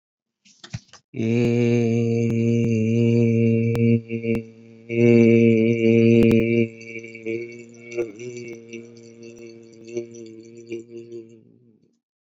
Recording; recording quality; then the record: sustained vowel as in made; excellent, no background noise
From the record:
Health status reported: healthy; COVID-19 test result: negative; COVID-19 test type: RT-PCR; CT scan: not taken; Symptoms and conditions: cold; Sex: male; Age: 28 years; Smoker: no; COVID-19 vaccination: none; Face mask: not worn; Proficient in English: yes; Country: India